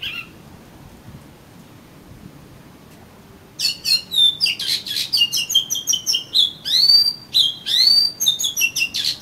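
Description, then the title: Oriental magpie-robin song bursting in after several seconds of near silence, a dense run of rapid chirps, trills and upward-sweeping whistles. "Kacer Kacer"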